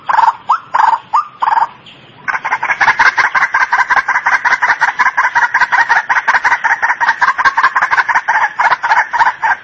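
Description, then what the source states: White-breasted waterhen calls: several croaking notes, a brief pause, then a rapid, steady run of harsh pulsed notes lasting the rest. Tutor track (masteran) for training cage birds.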